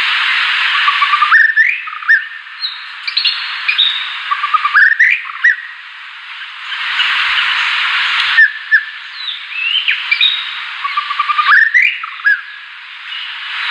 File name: White rumped shama